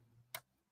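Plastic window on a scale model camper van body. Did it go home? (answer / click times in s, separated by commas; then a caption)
yes / 0.3 s. A small plastic sliding or hinged window on a 1:8 scale VW T1 Samba model camper van body is pushed closed until it latches. A single sharp, bright click sounds at 0.4 s over a faint low hum. The window is confirmed shut and latched.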